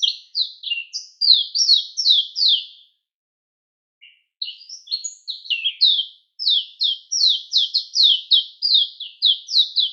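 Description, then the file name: Mayotte white-eye song: a rapid chain of high, descending sweet notes, pausing briefly after three seconds, then resuming in a longer run. Recorded on Mayotte; local name shilaputu. "zoste rops de mayotte - shilaputu"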